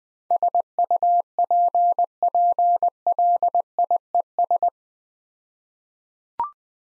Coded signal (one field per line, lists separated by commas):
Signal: Morse code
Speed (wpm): 20 wpm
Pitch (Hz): 700 Hz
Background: none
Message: SUPPLIES